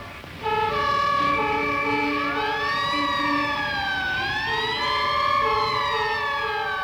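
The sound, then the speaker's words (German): Fire engine sirens wail continuously, several overlapping tones rising and falling in pitch, with a steady horn-like drone beneath and road traffic rumble, loud throughout with no talking. “Was ist das? Sirenen!”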